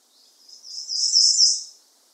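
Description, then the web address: Ijima's leaf warbler song: one high, thin phrase that swells in loudness and then fades, with no other sounds. Recorded on Miyake-jima on 15 May 2016. "shiryo koe iijima 160515 miyake kuroda"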